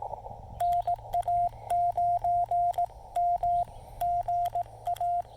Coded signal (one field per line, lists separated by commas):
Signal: Morse code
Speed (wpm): 18 wpm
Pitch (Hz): 700 Hz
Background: radio noise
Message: NA9M GA